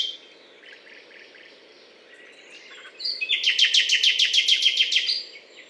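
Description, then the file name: Common nightingale song opening with soft notes, then a loud, fast, evenly pulsed series of many repeated notes lasting about two seconds. Recorded at Butte calcaire de Gratacap, France, on 19 May 2012. "rossignol philomele Butte calcaire de Gratacap F"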